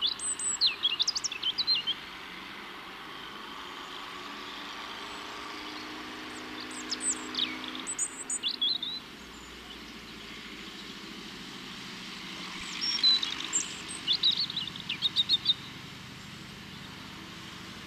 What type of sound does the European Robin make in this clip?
song